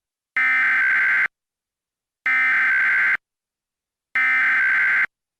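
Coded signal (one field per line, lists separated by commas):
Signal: Emergency Alert System (SAME) tones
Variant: header bursts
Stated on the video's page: Fictional EAS scenario, a remaster of another creator's original.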